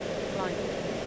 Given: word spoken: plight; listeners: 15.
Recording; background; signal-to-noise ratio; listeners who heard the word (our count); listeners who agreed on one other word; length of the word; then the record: one English word in noise, from a listening test; speech-shaped noise; -6.9 dB; 2 of 15; 6 of 15; 0.66 s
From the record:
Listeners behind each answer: 6, 2, 2, 1, 1, 1, 1, 1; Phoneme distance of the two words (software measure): 10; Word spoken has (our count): 1 syllable, 4 phonemes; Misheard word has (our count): 1 syllable, 4 phonemes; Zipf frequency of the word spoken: 3.52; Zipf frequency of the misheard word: 4.58